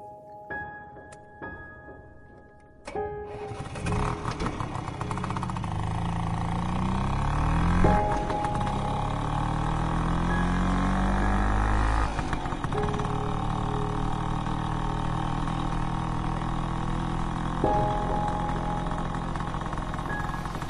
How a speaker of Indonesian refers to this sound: Kulajukan motor Vespaku di jalanan Bandung yang sudah mulai sepi. Biasanya sih jam segini masih banyak kendaraan yang berlalu lalang, tapi tidak malam itu.